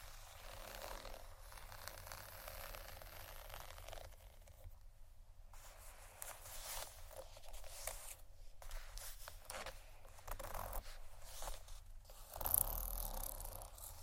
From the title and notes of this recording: ASMR Sleep Session Soft, Tapping, Cardboard, Massage, Scratching, Silicone, Etc. (No Talking).